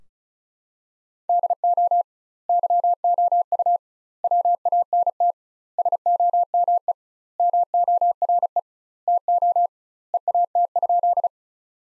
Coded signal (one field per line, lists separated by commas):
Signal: Morse code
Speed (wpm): 36 wpm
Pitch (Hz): 700 Hz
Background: none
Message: DO YOU WANT SOME MORE TO EAT?